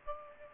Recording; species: mosquito wingbeat signal from an infrared sensor; Aedes aegypti